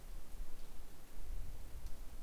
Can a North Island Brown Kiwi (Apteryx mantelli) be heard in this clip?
no